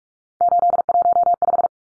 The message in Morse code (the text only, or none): 815